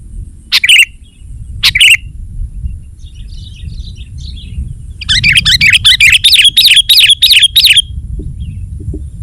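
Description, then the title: Sooty-headed bulbul song: two bright chirped notes, then a rapid rhythmic series of rolling, bubbly notes lasting nearly three seconds. "kutilang"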